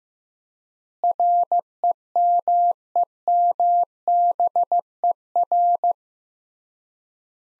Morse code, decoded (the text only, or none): REMEMBER